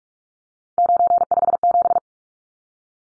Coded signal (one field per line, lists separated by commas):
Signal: Morse code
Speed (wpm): 44 wpm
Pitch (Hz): 700 Hz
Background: none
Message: 957